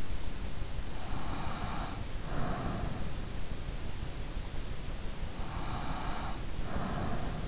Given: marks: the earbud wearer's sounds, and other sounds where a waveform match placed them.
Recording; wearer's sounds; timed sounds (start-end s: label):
sounds in sleep by an in-ear microphone; breath
0.97-2.90 s: breath
5.27-7.48 s: breath